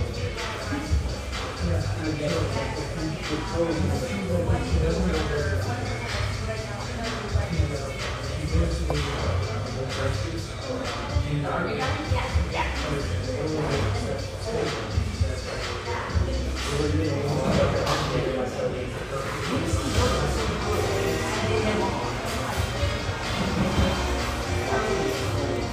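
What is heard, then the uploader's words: A busy coffee shop hums with many overlapping voices, a steady crowd chatter that never drops out. Short clicks and clatters of cups and dishes pop up throughout, with shuffling and footsteps, while a low rumble runs underneath the whole time. Family-oriented, high-ceilinged java joint near Portland's Willamette riverfront.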